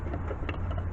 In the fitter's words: make sure you hear the click like so